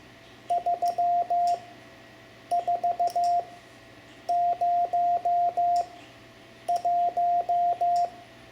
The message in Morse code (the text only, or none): 3401